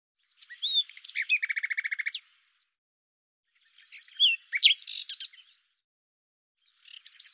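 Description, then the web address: Common nightingale song: a fast, even rattle of repeated notes, then a pause before a jumbled phrase of sharp whistles and clicks, another phrase starting at the end. "cianscape birddata Deverinetal 2025"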